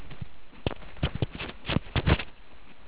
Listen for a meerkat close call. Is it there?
no